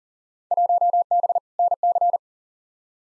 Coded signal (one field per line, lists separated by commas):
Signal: Morse code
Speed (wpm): 40 wpm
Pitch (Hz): 700 Hz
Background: none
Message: 1B NC